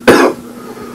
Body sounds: coughing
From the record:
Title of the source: Coughing 77

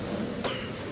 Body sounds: coughing mixed with background sound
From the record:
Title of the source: 34 coughing up crap again

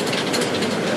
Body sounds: background sound without coughing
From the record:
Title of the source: Office Sounds Ambience - Background Noise for Study and Work

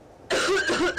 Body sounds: coughing mixed with background sound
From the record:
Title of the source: female coughing - coughing sound effects girl

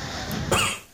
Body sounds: coughing mixed with background sound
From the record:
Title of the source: Mid-morning Winter Coughing Fit

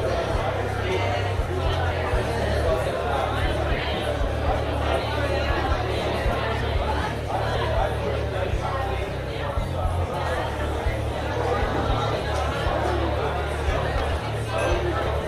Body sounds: background sound without coughing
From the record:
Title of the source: CITY SOUNDS Busy Bar in the Evening Night - 2 HOURS of Ambiance for Relaxation

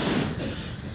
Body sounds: coughing mixed with background sound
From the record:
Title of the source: Spring Cold Coughing.

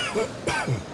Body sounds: coughing mixed with background sound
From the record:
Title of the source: Dry Afternoon Cough

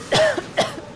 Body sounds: coughing mixed with background sound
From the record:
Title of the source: Coughing Woman Sound - Woman Cough Sound Effect

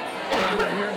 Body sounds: coughing mixed with background sound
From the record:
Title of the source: Barking cough - # 10

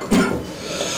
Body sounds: coughing mixed with background sound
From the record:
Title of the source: Residual Phlegmy Morning Coughing and Gagging

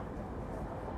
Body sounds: background sound without coughing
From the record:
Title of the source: Train Ride Ambience ambient white noise for sleeping, focus, studying, reading

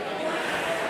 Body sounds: coughing mixed with background sound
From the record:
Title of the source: 31 night wet cough

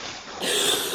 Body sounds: coughing mixed with background sound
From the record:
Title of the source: 30 Chesty and wet cough

